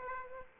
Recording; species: mosquito wingbeat signal from an infrared sensor; Aedes aegypti